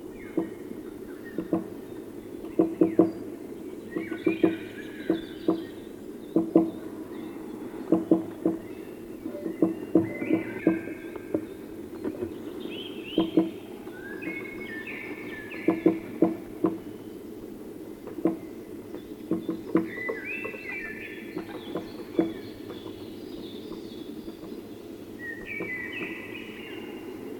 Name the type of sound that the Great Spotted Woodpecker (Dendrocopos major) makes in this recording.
drumming